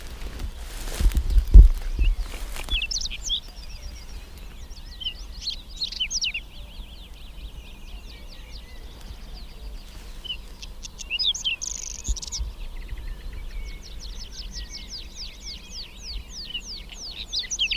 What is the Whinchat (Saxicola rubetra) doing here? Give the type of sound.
song